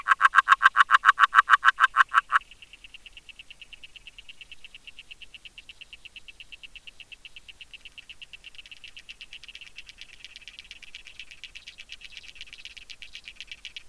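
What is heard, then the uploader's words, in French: An agile frog gives a loud, rapid run of clucking notes for two seconds, then a steady, high insect trill continues and slowly swells. Aquaphonie hivernale. Réserve naturelle de la Plaine des Maures - Nagra LB - Hydrophone dpa 8011. Durant toute la nuit je laisse en "piège à son" mon hydrophone sur la partie la plus profonde (50cm). La présence intéressante d'une Grenouille agile (Rana dalmatina) et au moins de deux insectes bruiteurs non déterminés.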